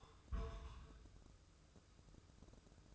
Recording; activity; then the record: daily activity, microphone in the room; place on stove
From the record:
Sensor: 2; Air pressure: 995.3 hPa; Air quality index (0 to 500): 78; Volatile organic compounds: 3 ppm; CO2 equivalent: 1380 ppm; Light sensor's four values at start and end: 22/73/29/27 and 22/73/29/27